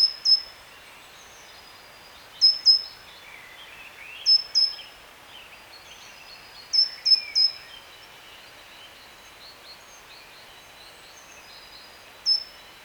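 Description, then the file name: Great tit giving high, clipped calls in pairs and short triplets every couple of seconds, with a final single note and light bird chatter underneath. "Parus major"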